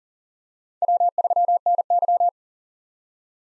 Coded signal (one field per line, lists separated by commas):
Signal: Morse code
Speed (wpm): 40 wpm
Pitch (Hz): 700 Hz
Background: none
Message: W3NY